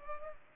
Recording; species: mosquito wingbeat signal from an infrared sensor; Culex pipiens